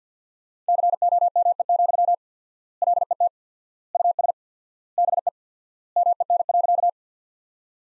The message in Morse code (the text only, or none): COME, LET US BE MEN.